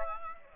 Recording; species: mosquito wingbeat signal from an infrared sensor; Aedes aegypti